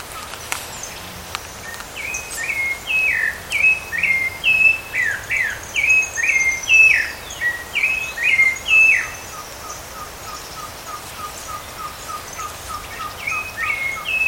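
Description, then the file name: Rufous-bellied thrush song of quick slurred whistles in a long burst, then a pause filled by faint rhythmic ticking, before the whistles resume. Recorded in a park at Canela, Rio Grande do Sul, Brazil, on 30 October 2013. "Turdus-rufiventris-Pq Caracol Canela RS-30-10-13-ASilveira"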